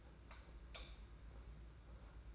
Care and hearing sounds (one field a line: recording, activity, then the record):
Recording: daily activity, microphone in the room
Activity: light off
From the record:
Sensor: 2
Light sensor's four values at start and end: 15/39/15/15 and 11/26/10/10